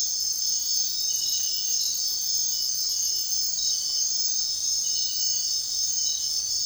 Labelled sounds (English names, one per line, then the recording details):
none
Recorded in dense forest near Puerto Asís, Putumayo, Colombia, on 9 March 2025 at 04:30
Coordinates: 0.499, -76.324
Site GP03